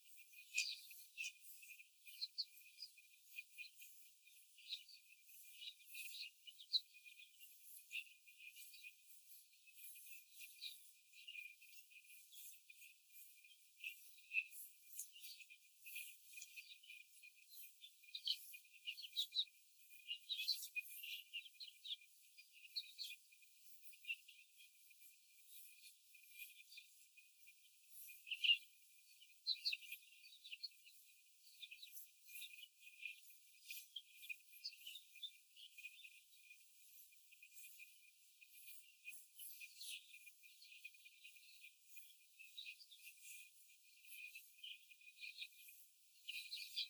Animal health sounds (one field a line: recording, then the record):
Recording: young laying hens in a cage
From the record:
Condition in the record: after the stressor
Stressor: simulated dog barking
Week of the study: 4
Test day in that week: 1